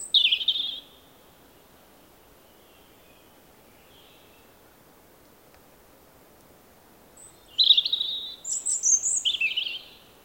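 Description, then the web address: Robin song in two phrases of high, sweet warbling notes, the first near the start and the second after a long pause. "Robin. Paul Smith Gallery"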